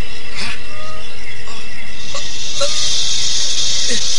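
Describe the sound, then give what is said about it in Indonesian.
Many venomous yellow snakes hiss in a steady, airy rush that swells louder and brighter through the second half, with a few faint clicks and a low rumble underneath. “Ular kuning banyak sekali. Uang emas itu berubah jadi ular.”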